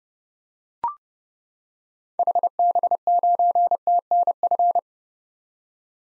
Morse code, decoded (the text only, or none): HB9TNF